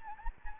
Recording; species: mosquito wingbeat signal from an infrared sensor; Anopheles gambiae